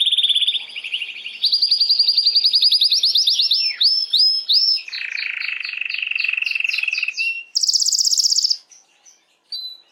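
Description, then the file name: Canary song of continuous trills, then a few descending slurred notes, a steady lower rattle and a very high trill, then a pause and a short final note. Belgian mosaic canary song. "canto do canario belga mosaico"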